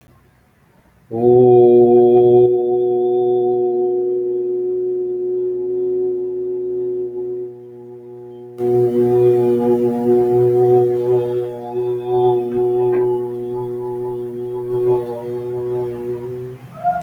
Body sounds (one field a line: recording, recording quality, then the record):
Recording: sustained vowel as in boot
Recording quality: excellent, no background noise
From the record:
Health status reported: healthy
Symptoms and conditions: none ticked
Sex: male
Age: 20 years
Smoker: not ticked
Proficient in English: yes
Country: India